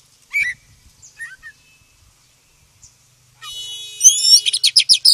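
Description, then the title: Oriental magpie-robin with scattered whistles, then a buzzy rasping note and a quick run of high, sharp chattering notes. "KACER HITAM"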